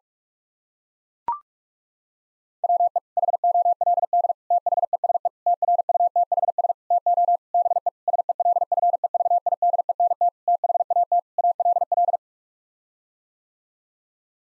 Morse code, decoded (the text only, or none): WE HOLD THESE TRUTHS TO BE SELFEVIDENT THAT ALL